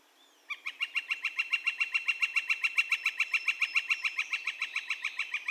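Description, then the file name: Northern flicker giving a long, steady run of sharp, repeated kek notes, starting after a brief pause and continuing to the end. Calls recorded 2 May 2020. "2020-05-02 Northern Flicker Calls"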